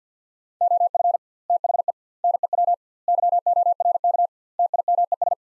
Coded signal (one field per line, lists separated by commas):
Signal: Morse code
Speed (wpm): 50 wpm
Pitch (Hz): 700 Hz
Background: none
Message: OF THE NEW YORK TIMES